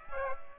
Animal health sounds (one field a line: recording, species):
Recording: mosquito wingbeat signal from an infrared sensor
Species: Aedes aegypti